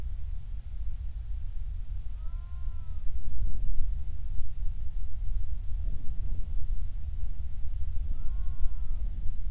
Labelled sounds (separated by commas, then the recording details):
loon
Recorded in the Prudhoe Bay oil fields, Alaska, on 28 July 2019 at 05:28
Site 25